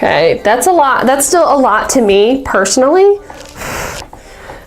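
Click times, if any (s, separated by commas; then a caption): 4.1 s. Someone talks, then closes the hinged lid of a tin eyeshadow palette onto its case, and it shuts with a short, sharp snap at 4.1 s. The lid is seated securely.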